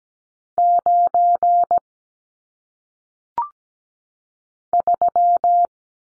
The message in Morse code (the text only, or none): 9 3